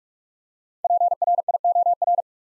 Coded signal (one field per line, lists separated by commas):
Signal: Morse code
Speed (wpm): 44 wpm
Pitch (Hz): 700 Hz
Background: none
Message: PRIOR